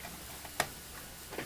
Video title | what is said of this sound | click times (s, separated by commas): Mini Lunchbox Alteration.wmv | there's like there we go I heard it click it'll kind of snap where it fits back down in there and | 0.6 s